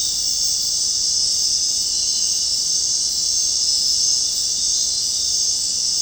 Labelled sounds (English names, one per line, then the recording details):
none
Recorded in dense forest near Puerto Asís, Putumayo, Colombia, on 22 June 2025 at 19:30
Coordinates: 0.499, -76.324
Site G100